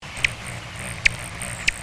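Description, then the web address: Allen's hummingbird giving three brief, sharp chip calls over a faint low rumble. Recorded in northwest California. "birdvocs nwcal ALHU"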